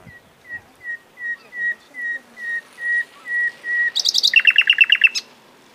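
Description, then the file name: Common nightingale song: about ten slow, pure whistles on one pitch, growing louder, then a quick high flourish and a rapid chattering trill. "Luscinia megarhynchos"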